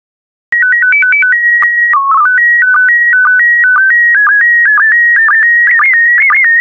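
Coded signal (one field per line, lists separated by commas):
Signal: SSTV (slow-scan television)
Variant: PD120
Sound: steady warbling tones stepping between pitches, with short low blips twice a second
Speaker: complete. You can now check your decoded image against the picture that is shown on the video.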